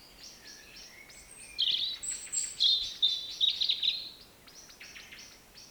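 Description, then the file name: European robin song: one brief, high, tinkling phrase of rapid sweeping notes and trills, with soft ticking sounds before and after. "Erithacus rubecula"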